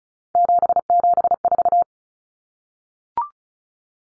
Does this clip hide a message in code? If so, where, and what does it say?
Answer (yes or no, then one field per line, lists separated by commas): yes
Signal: Morse code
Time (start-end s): 0.3-1.8 s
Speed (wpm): 34 wpm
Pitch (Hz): 700 Hz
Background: none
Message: 774